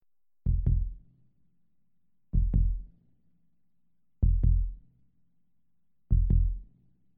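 Four slow, regular beats, about 32 a minute, each a deep paired lub-dub thump with a faint low hum between them. This is a normal adult human heartbeat recorded in a hospital, a sound effect.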